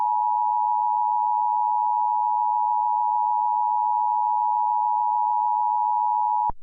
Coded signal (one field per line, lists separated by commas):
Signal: Emergency Alert System (SAME) tones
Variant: 853 and 960 Hz attention tone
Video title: ( READ DESC ) every time i turn my back EAS